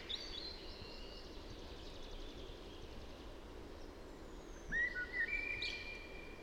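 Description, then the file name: Common blackbird giving a faint fluty phrase early on, then a clearer low whistled warble near the end over steady background hiss. "Turdus merula"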